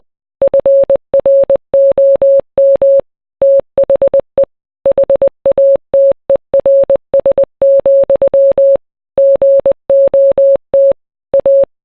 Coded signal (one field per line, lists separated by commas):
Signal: Morse code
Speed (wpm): 20 wpm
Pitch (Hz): 550 Hz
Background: none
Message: FROM THE HATERS, GOT A